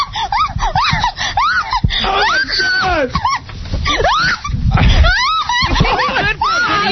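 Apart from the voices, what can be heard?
woman screaming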